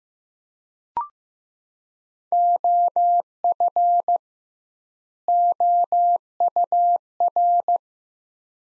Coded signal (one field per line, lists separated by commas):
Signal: Morse code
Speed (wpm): 15 wpm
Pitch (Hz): 700 Hz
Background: none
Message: OF OUR